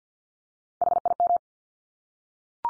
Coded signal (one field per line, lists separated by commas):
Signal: Morse code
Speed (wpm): 48 wpm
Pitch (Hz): 700 Hz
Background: none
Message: HIM